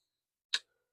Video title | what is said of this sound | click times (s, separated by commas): 14.5” AR Upper Changes 🔧 13.7” AR Build Update + New Vector Optics Setup | So locks into place there. | 0.5 s